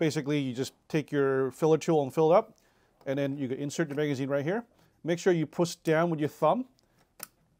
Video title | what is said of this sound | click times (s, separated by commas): B & T AIR SPR 300 PRO - Set Up - Step 3 Prepping the magazine | and you hear that click sound that means that the magazine is properly seated | 7.2 s